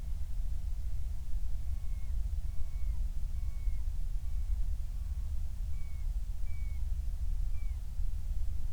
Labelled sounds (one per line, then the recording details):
bird
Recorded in the Prudhoe Bay oil fields, Alaska, on 28 July 2019 at 05:35
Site 25